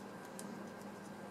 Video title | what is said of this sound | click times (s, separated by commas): RG GP01fb WIP | They just sort of slide until they click, | 0.4 s